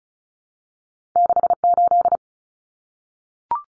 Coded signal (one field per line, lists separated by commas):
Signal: Morse code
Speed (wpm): 34 wpm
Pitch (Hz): 700 Hz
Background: none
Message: 68